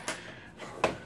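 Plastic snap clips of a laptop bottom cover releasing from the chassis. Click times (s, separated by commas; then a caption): 0.1 s, 0.8 s. A pry tool works along the edge of the plastic bottom cover of an HP Envy 17-s017cl laptop until the snap clips release from the chassis. Two sharp plastic pops are heard at 0.1 s and 0.8 s, the second louder and crisper. The clips pop open, and the click signals the end of the row of clips.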